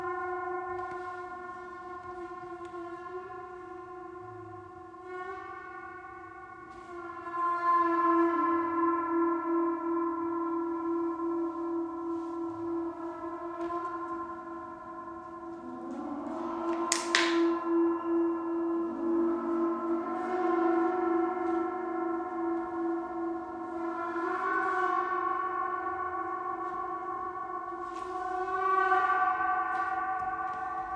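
Gong bath of long, ringing metal tones: a steady mid-low hum layered with many overtones swells and fades in slow waves, growing louder around 8, 20 and 29 seconds. A sharp, bright strike rings out near 17 seconds, with softer chime-like touches scattered throughout.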